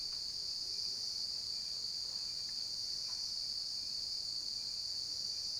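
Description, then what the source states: Steady high cricket trilling fills the whole stretch, unvarying in pitch, with scattered faint ticks in the background. Cricket ambience recorded at night.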